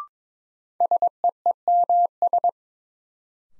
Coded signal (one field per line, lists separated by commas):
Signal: Morse code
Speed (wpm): 22 wpm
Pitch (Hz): 700 Hz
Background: none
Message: SEEMS